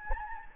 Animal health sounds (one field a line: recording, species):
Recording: mosquito wingbeat signal from an infrared sensor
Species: Anopheles gambiae